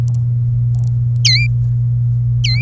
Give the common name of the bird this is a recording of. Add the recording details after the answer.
Domestic Canary. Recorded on 27 April 2018 at 05:46. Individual llb3